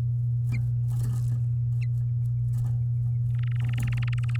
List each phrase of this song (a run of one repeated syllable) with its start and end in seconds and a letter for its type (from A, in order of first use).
3.34-4.36 A